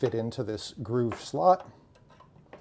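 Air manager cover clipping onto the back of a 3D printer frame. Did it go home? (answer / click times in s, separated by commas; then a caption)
no / none. Someone talks while the Air Manager enclosure is laid on the back of an Ultimaker 2+ Connect 3D printer, with the bowden tube and cable arranged to fit into a groove slot before it is pushed down to clip onto the printer frame. After the talking stops, a few faint handling ticks come around 2.0 s and 2.5 s, but nothing has seated or clicked yet.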